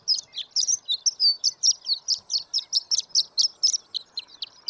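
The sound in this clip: Horned lark song: a brisk string of high, thin, twittering notes with slurred chips, steady and unbroken over the few seconds.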